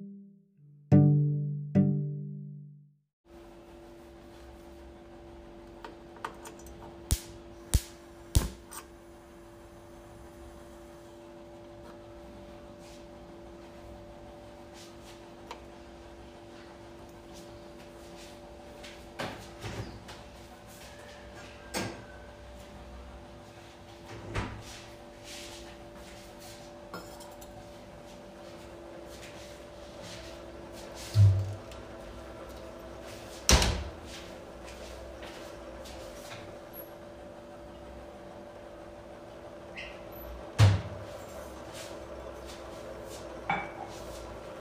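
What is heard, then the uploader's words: Someone making chai: a steady low hum, like a kettle or stove, runs throughout. Sharp clicks and knocks, cupboard doors and dishes being set down, come every few seconds, with a louder muffled thump near the start. Making chai.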